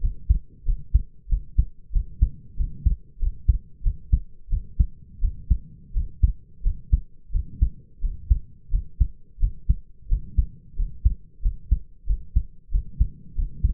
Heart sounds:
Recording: heart sounds by stethoscope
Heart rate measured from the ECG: 90 bpm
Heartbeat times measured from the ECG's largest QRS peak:
0.00 s: heartbeat
0.65 s: heartbeat
1.29 s: heartbeat
1.92 s: heartbeat
2.56 s: heartbeat
3.19 s: heartbeat
3.83 s: heartbeat
4.49 s: heartbeat
5.21 s: heartbeat
5.93 s: heartbeat
6.63 s: heartbeat
7.32 s: heartbeat
8.01 s: heartbeat
8.71 s: heartbeat
9.39 s: heartbeat
10.08 s: heartbeat
10.76 s: heartbeat
11.42 s: heartbeat
12.06 s: heartbeat
12.71 s: heartbeat
13.35 s: heartbeat
From the record:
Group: healthy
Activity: rest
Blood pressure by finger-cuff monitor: 107/64 mmHg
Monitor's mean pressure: 74 mmHg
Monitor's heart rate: 90 bpm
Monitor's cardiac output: 6.6 L/min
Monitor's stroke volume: 75 mL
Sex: male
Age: 22 years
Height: 181 cm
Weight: 60 kg

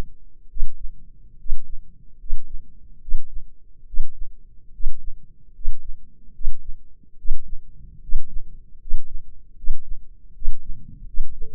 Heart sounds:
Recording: heart sounds by microphone in the left ear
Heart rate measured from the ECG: 74 bpm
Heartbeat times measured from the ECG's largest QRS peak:
0.48 s: heartbeat
1.38 s: heartbeat
2.18 s: heartbeat
3.00 s: heartbeat
3.85 s: heartbeat
4.72 s: heartbeat
5.53 s: heartbeat
6.33 s: heartbeat
7.17 s: heartbeat
8.00 s: heartbeat
8.79 s: heartbeat
9.55 s: heartbeat
10.33 s: heartbeat
11.05 s: heartbeat
From the record:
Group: healthy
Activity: rest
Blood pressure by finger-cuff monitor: 162/108 mmHg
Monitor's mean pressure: 121 mmHg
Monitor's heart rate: 74 bpm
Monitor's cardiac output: 6.3 L/min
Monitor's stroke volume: 86 mL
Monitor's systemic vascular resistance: 1420 dyn s/cm5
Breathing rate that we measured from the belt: 18 breaths a minute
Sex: male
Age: 23 years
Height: 179 cm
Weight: 87 kg

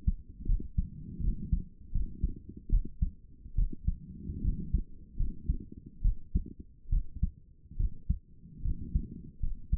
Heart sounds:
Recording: heart sounds by stethoscope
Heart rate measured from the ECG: 74 bpm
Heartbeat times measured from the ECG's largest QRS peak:
0.46 s: heartbeat
1.21 s: heartbeat
1.92 s: heartbeat
2.69 s: heartbeat
3.55 s: heartbeat
4.41 s: heartbeat
5.16 s: heartbeat
6.02 s: heartbeat
6.89 s: heartbeat
7.77 s: heartbeat
8.62 s: heartbeat
9.40 s: heartbeat
From the record:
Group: healthy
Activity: rest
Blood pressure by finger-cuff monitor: 147/76 mmHg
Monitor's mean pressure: 98 mmHg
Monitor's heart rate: 70 bpm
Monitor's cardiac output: 7 L/min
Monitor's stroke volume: 98 mL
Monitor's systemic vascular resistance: 980 dyn s/cm5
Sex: female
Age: 22 years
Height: 154 cm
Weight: 58.7 kg

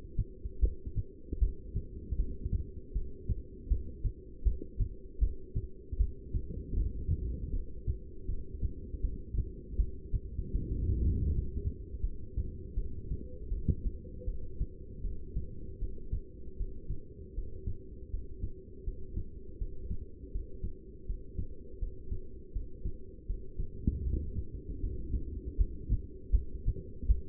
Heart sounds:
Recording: heart sounds by stethoscope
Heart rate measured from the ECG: 79 bpm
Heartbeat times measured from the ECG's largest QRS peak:
0.61 s: heartbeat
1.40 s: heartbeat
2.17 s: heartbeat
2.94 s: heartbeat
3.69 s: heartbeat
4.44 s: heartbeat
5.20 s: heartbeat
5.98 s: heartbeat
6.75 s: heartbeat
7.52 s: heartbeat
8.27 s: heartbeat
9.02 s: heartbeat
9.77 s: heartbeat
10.53 s: heartbeat
11.29 s: heartbeat
12.02 s: heartbeat
12.76 s: heartbeat
13.50 s: heartbeat
14.26 s: heartbeat
15.03 s: heartbeat
15.80 s: heartbeat
16.58 s: heartbeat
17.35 s: heartbeat
18.11 s: heartbeat
18.85 s: heartbeat
19.59 s: heartbeat
20.33 s: heartbeat
21.07 s: heartbeat
21.80 s: heartbeat
22.53 s: heartbeat
23.27 s: heartbeat
24.04 s: heartbeat
24.81 s: heartbeat
25.57 s: heartbeat
26.31 s: heartbeat
27.07 s: heartbeat
From the record:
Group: heart failure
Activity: rest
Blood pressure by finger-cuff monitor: 177/110 mmHg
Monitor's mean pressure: 133 mmHg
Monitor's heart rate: 79 bpm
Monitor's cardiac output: 7.9 L/min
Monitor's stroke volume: 99 mL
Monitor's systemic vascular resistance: 1270 dyn s/cm5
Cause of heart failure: non-ischemic cardiomyopathy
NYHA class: 1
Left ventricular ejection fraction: 62%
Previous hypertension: present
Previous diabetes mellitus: present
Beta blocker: bisoprolol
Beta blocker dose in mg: 10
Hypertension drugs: sacubitril-valsartan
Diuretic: furosemide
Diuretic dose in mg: 20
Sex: male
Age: 49 years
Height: 167 cm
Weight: 110 kg

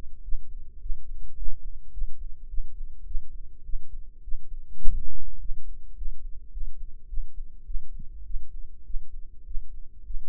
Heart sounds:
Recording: heart sounds by microphone in the right ear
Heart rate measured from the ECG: 104 bpm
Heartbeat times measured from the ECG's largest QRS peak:
0.22 s: heartbeat
0.80 s: heartbeat
1.36 s: heartbeat
1.92 s: heartbeat
2.48 s: heartbeat
3.05 s: heartbeat
3.64 s: heartbeat
4.22 s: heartbeat
4.81 s: heartbeat
5.39 s: heartbeat
5.96 s: heartbeat
6.51 s: heartbeat
7.08 s: heartbeat
7.65 s: heartbeat
8.24 s: heartbeat
8.84 s: heartbeat
9.45 s: heartbeat
10.04 s: heartbeat
From the record:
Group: healthy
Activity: rest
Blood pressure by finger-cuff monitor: 128/80 mmHg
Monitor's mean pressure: 94 mmHg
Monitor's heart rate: 105 bpm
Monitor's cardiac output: 8.4 L/min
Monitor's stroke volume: 79 mL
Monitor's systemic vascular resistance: 820 dyn s/cm5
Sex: female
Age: 19 years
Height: 163 cm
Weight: 51 kg

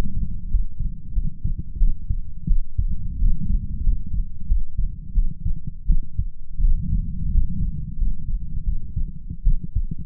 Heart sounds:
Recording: heart sounds by stethoscope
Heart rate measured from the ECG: 87 bpm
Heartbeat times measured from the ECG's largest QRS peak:
0.48 s: heartbeat
1.12 s: heartbeat
1.77 s: heartbeat
2.46 s: heartbeat
3.17 s: heartbeat
3.81 s: heartbeat
4.46 s: heartbeat
5.12 s: heartbeat
5.85 s: heartbeat
6.59 s: heartbeat
7.29 s: heartbeat
7.96 s: heartbeat
8.63 s: heartbeat
9.42 s: heartbeat
From the record:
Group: healthy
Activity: rest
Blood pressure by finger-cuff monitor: 106/63 mmHg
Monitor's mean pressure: 77 mmHg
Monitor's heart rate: 91 bpm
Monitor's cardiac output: 7.4 L/min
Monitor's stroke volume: 83 mL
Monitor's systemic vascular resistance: 750 dyn s/cm5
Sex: female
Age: 26 years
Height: 165 cm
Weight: 55 kg

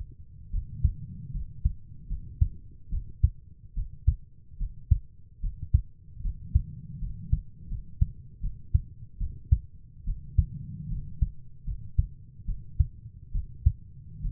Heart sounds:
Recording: heart sounds by stethoscope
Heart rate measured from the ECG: 74 bpm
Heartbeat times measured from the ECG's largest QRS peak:
0.52 s: heartbeat
1.33 s: heartbeat
2.09 s: heartbeat
2.91 s: heartbeat
3.75 s: heartbeat
4.59 s: heartbeat
5.42 s: heartbeat
6.23 s: heartbeat
7.00 s: heartbeat
7.69 s: heartbeat
8.42 s: heartbeat
9.19 s: heartbeat
10.06 s: heartbeat
10.89 s: heartbeat
11.66 s: heartbeat
12.46 s: heartbeat
13.33 s: heartbeat
14.22 s: heartbeat
From the record:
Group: healthy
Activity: rest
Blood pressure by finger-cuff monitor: 109/58 mmHg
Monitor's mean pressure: 74 mmHg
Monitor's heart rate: 74 bpm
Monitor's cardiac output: 7.3 L/min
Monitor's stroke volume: 96 mL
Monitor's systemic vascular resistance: 730 dyn s/cm5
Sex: female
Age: 22 years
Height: 160 cm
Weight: 63 kg

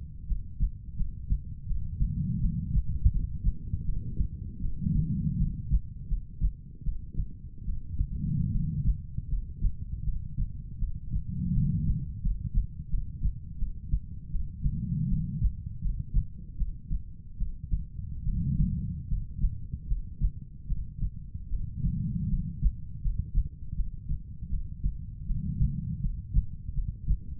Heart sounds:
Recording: heart sounds by stethoscope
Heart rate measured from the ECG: 79 bpm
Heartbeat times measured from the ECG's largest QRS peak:
0.26 s: heartbeat
0.96 s: heartbeat
1.66 s: heartbeat
2.39 s: heartbeat
3.10 s: heartbeat
3.84 s: heartbeat
4.60 s: heartbeat
5.36 s: heartbeat
6.07 s: heartbeat
6.83 s: heartbeat
7.64 s: heartbeat
8.51 s: heartbeat
9.28 s: heartbeat
10.03 s: heartbeat
10.78 s: heartbeat
11.52 s: heartbeat
12.21 s: heartbeat
12.89 s: heartbeat
13.57 s: heartbeat
14.30 s: heartbeat
15.07 s: heartbeat
15.80 s: heartbeat
16.56 s: heartbeat
17.37 s: heartbeat
18.23 s: heartbeat
19.07 s: heartbeat
19.87 s: heartbeat
20.66 s: heartbeat
21.48 s: heartbeat
22.28 s: heartbeat
23.01 s: heartbeat
23.74 s: heartbeat
24.49 s: heartbeat
25.25 s: heartbeat
26.00 s: heartbeat
26.73 s: heartbeat
From the record:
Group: healthy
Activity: cold pressor test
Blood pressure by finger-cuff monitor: 119/68 mmHg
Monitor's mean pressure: 85 mmHg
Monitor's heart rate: 80 bpm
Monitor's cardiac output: 7.3 L/min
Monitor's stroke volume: 93 mL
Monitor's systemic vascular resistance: 850 dyn s/cm5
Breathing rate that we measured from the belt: 18 breaths a minute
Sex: female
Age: 23 years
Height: 160 cm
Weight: 50.4 kg

